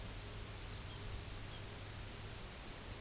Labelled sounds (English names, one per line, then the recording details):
Pectoral Sandpiper
unidentified sound
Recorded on Arctic tundra, site UTQI-0, on 16 June 2019
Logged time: 12:00